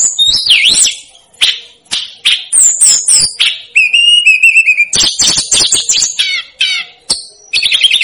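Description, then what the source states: Snowy-browed flycatcher song mixing sharp chirps with a steady thin whistle, then quick varied twitters. Masteran track made for training cage birds; Indonesian names Tledekan Gunung and Sikatan Gunung.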